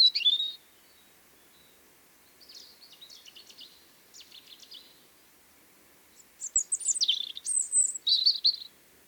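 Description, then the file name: European robin song: a high sliding note, then soft scratchy twitters, ending in a loud run of piercing, tumbling whistles and trills. "Erithacus rubecula"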